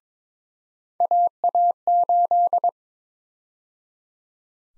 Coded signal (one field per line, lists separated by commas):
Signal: Morse code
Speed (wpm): 22 wpm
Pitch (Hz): 700 Hz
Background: none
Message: AA8